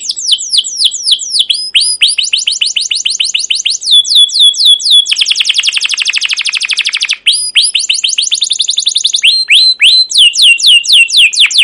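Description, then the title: Canary song, loud and unbroken: quick downslurred chirps, then a dense buzzing roll, then more rapid whistled note series. Canary song used as a lure to train other canaries; song described as long, continuous rolling with repeated cuit cuit notes. "Suara Burung Kenari Gacor Panjang cuit cuit Ngerol untuk Pancingan Kenari"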